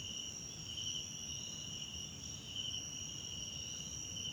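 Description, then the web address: Crickets keep up an unbroken shrill trill at two high pitches, gently pulsing in loudness, with steady low background noise. South African crickets, background ambience recorded at night in a wetland park at Kosi Forest Lodge, South Africa. "Tonschliff - SOUTH AFRICAN CRICKETS BG South Africa Wetland Park Kosi Forest Lodge Night"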